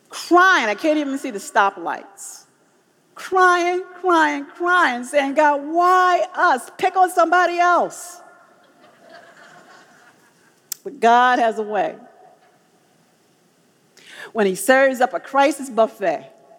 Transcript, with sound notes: crying—I can't even see the stoplights—crying, crying, crying saying, “God, why us? Pick on somebody else.” (laughter) But God has a way. When He serves up a crisis buffet,